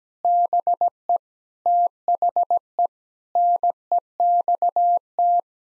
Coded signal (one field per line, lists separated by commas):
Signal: Morse code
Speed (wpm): 17 wpm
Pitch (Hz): 700 Hz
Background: none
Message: BE THE NEXT